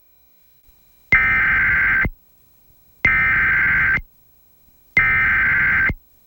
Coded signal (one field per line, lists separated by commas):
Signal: Emergency Alert System (SAME) tones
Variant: header bursts